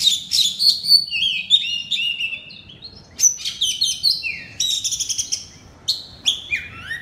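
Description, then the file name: Oriental magpie-robin singing energetic whistled phrases mixed with harsh, scratchy notes, with a quieter pause midway before the song resumes. Loud song in the style called 'ngeplong' in Indonesian. "suara kacer ngeplong keras"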